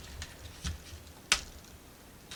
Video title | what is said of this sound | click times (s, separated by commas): ROKR The Seahorse Barque Build: Pages 9-12 | Pop right in. | 1.3 s